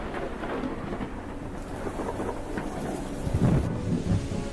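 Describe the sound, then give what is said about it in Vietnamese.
A nighttime thunderstorm roars with steady heavy torrential rain and gusting wind, a deep rumble of thunder swelling past the midpoint before easing back into the dense wash of rainfall. “Trong đêm mưa ấy, trong tiếng mưa gió vần vũ, tôi nghe tiếng gõ cửa phòng.”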